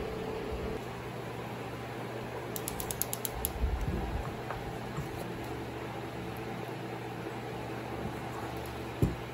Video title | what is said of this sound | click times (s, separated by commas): Rebuilding a 1966 powerglide transmission. Continuing the 1966 Caprice project. Aluminum Powerglide | ain't clicked yet. | none